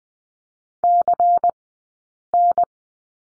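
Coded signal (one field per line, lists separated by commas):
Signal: Morse code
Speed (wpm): 20 wpm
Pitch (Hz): 700 Hz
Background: none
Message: CN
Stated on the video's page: Morse code course lesson on letter Y, Farnsworth spacing at 20/10 wpm.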